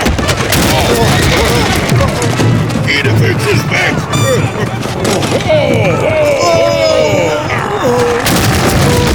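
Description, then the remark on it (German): A loud, chaotic multi-vehicle pile-up on a race track after Obelix's horse-drawn cart brakes hard during a race: dense overlapping crashes, thuds and bangs with squealing tones, while excited voices shout over the continuous din. “Obelix' Vollbremsung auf der Rennbahn sorgt für eine Massenkarambolage und trifft auf wenig Verständnis bei den Konkurrenten.”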